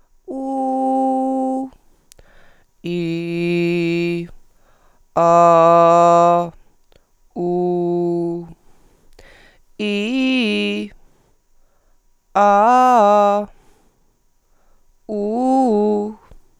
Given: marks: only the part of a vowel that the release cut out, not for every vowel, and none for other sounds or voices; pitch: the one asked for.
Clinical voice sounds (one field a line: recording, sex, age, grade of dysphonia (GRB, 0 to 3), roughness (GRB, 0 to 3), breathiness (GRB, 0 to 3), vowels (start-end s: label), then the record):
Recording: sustained vowels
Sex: female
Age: 20 to 29 years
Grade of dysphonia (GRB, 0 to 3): 0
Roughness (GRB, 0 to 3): 0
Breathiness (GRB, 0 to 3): 0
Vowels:
0.38-1.56 s: vowel /u/, high pitch
2.93-4.13 s: vowel /i/, low pitch
5.22-6.33 s: vowel /a/, low pitch
7.42-8.35 s: vowel /u/, low pitch
9.84-10.79 s: vowel /i/, low-high-low pitch
12.40-13.36 s: vowel /a/, low-high-low pitch
15.10-15.94 s: vowel /u/, low-high-low pitch
From the record:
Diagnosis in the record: healthy voice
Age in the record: 23 years